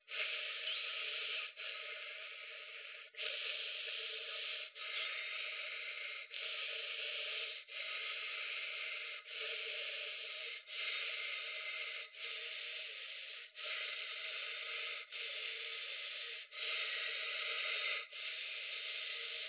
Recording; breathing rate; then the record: paced breathing near a phone; 20 breaths a minute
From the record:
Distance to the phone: 20 cm